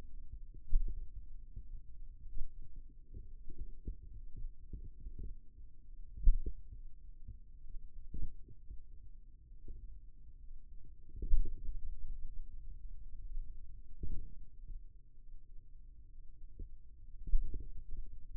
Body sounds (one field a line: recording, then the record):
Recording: forearm muscle sounds (acoustic myography)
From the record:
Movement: finger pinch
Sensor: system 2, bracelet of six BSWA MPA416 microphones around the upper forearm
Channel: 2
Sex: male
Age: 22 years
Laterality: right